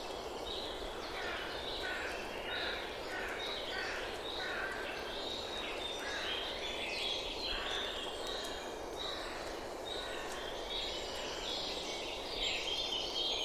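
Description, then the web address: Bird calls, short chirping notes repeated irregularly at mid-high pitch, several overlapping through a steady hiss of background noise. "Deverinetal 2025 File origin Bird Only"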